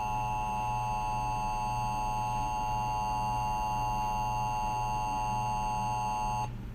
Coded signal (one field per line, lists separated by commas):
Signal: Emergency Alert System (SAME) tones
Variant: 853 and 960 Hz attention tone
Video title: EAS Scenario 2: EF6 (CREDITS TO ALL THE SOUNDS/VIDEOS I USED IN THE DESC)